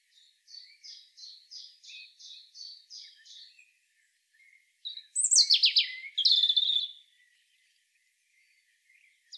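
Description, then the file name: European robin song: a run of thin, high repeated notes, then a louder burst of tumbling, descending twittery phrases with a short pause between. "Erithacus rubecula"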